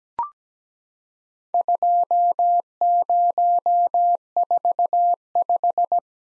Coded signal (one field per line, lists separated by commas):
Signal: Morse code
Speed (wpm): 17 wpm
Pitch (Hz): 700 Hz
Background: none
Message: 2045